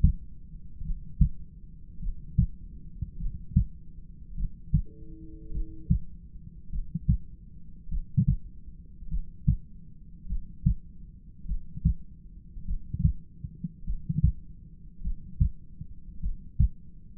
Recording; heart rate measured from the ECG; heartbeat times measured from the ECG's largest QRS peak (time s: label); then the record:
heart sounds by stethoscope; 51 bpm
0.83 s: heartbeat
2.01 s: heartbeat
3.18 s: heartbeat
4.36 s: heartbeat
5.52 s: heartbeat
6.71 s: heartbeat
7.89 s: heartbeat
9.09 s: heartbeat
10.27 s: heartbeat
11.46 s: heartbeat
12.66 s: heartbeat
13.85 s: heartbeat
15.02 s: heartbeat
16.21 s: heartbeat
From the record:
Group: heart failure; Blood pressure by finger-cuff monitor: 93/55 mmHg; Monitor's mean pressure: 66 mmHg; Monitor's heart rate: 51 bpm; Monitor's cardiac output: 5.5 L/min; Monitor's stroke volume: 109 mL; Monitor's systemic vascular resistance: 840 dyn s/cm5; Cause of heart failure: dilated cardiomyopathy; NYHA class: 2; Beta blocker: bisoprolol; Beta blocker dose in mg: 10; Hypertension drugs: sacubitril-valsartan, spironolactone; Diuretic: furosemide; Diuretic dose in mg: 40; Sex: male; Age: 29 years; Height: 174 cm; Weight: 92 kg